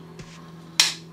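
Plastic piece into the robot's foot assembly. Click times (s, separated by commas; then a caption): 0.8 s. The last plastic piece of an Elegoo Arduino-based Penguin Bot robot's foot/boot is pressed into the foot assembly, with a steady low hum and a soft brief sound at 0.2 s beforehand. One sharp snap is heard at 0.8 s. The piece is seated right in, with nothing sticking out the sides.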